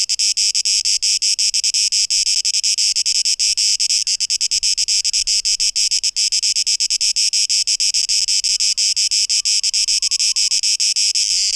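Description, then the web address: Cicada song, a continuous high buzzy drone with fast flickering pulses, and a faint low whistle near the end. Cicadas, 12 August 2023. "rauschpartikel Audio 2023-08-12 Zikaden (Tape Echo Mix)"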